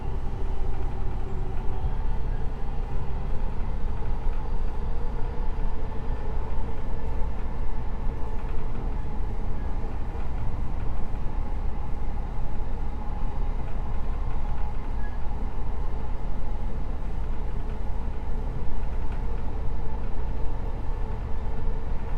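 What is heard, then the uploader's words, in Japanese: Running noise recorded inside a commuter electric train on a rapid service. A steady, dense low rumble fills the whole stretch, with faint whining tones around the middle range holding level, and no distinct events or stops as the car keeps moving. JR西日本 207系電車 学研都市線快速 京橋から木津まで。西日本旅客鉄道207系電車の走行音です。学研都市線の快速列車で録音しました。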